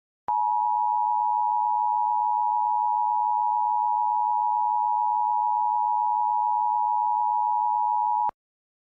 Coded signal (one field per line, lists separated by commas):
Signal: Emergency Alert System (SAME) tones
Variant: 853 and 960 Hz attention tone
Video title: EAS #1153-1154: 2 EAS Required Monthly Tests- Jan. 7, 2026- 10:15AM PST